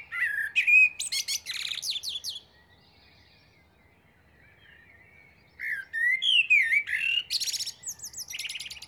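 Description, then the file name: Common blackbird delivers two melodious phrases of low fluted whistles, each finishing in a chattering high twitter, with a pause of about three seconds between them. "Turdus merula"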